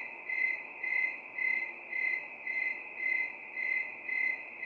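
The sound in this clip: Cricket giving high, ringing chirps in a regular rhythm, roughly two pulses each second, continuing steadily with no other clear sounds.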